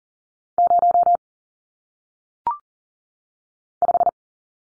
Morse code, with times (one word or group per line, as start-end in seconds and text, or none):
0.6-1.2 0
3.8-4.1 5